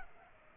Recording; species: mosquito wingbeat signal from an infrared sensor; Culex pipiens